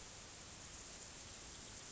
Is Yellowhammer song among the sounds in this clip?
no